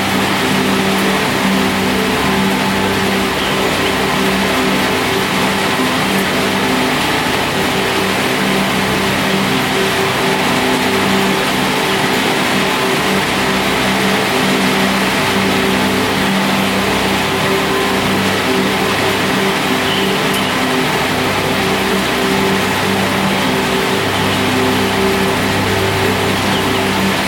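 A dense noise-wall drone built from layered field recordings of nature holds steady for the whole stretch, with no breaks or swells. Low steady tones hum underneath a thick hiss that reaches up into the bright range, sounding somewhat like an idling engine.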